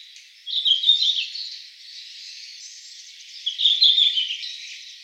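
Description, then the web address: Red-flanked bluetail song: two short, high, warbled phrases about three seconds apart, with a faint hiss between them. "birdenaga ruribitaki"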